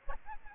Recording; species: mosquito wingbeat signal from an infrared sensor; Aedes albopictus